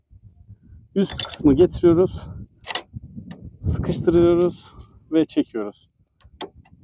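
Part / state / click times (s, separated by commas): upper part of an anti-theft lock on a caravan hitch coupling / seated / 6.4 s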